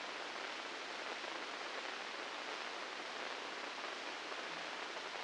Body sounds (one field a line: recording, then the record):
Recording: brain microelectrode recording played as sound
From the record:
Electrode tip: inside the subthalamic nucleus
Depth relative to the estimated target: -3 mm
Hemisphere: right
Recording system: NeuroSet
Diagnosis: Parkinson's disease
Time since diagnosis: 9 years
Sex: female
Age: 51 years